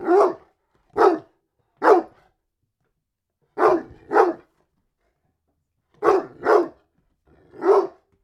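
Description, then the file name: Dog barking in short sharp bursts, singly and in quick pairs, with silent gaps between them. "Digiffects Sound Effects Library - Dog Barking Version 4"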